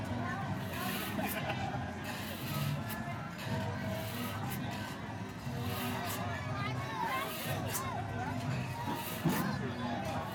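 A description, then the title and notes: A busy arcade on the boardwalk, with a steady, dense wash of crowd chatter and voices throughout. Short electronic bleeps and warbling game tones rise over the din, clustering around the seven-to-nine-second mark, with scattered clicks and clatters along the way. Coney Island Boardwalk - Arcade II by Bandeto.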